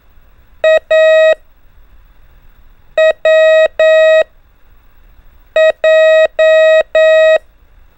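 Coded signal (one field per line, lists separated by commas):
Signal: Morse code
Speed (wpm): 9 wpm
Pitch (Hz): 630 Hz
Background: none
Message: A W J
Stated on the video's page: Morse code lesson on letters A, W and J with increasing speed.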